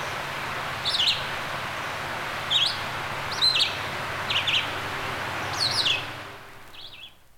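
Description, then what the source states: Bird calls: sharp high chirps in brief bursts every second or so, with a low steady hum beneath and the background fading out near the end. Recorded near a stream.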